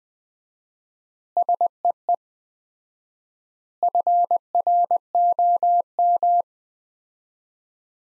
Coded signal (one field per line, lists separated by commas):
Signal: Morse code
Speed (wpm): 19 wpm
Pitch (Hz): 700 Hz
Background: none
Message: SEE FROM